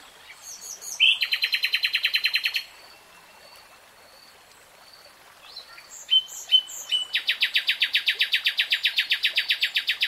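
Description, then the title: Nightingale song: an emphatic rolling trill, a pause with a few sharp notes, then a long, steady run of fast repeated notes continuing to the end. Real-time recording. "[Tiếng chim hót] Nightingale Singing"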